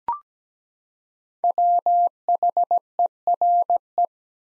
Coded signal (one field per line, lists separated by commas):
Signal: Morse code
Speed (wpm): 17 wpm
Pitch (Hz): 700 Hz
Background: none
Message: WHERE